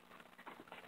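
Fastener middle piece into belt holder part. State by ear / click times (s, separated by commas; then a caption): not seated / none. The middle piece of a fastener is handled and pushed into the other part of a belt holder being made for a flashlight, producing faint scraping and two brief soft knocks. Nothing has snapped or seated yet.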